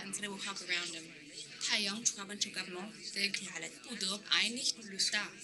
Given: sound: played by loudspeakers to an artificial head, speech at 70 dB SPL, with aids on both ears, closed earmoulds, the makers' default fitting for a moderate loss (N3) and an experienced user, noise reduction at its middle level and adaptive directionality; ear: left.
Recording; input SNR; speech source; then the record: speech test signal (ISTS) in cocktail-party noise; +6 dB; in front (0 degrees)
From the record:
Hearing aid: class 1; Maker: H